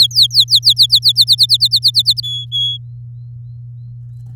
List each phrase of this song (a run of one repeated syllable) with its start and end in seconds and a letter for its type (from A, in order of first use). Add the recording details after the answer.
0.00-0.86 A, 0.90-2.20 B, 2.23-2.78 C. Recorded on 8 May 2018 at 10:24. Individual llb16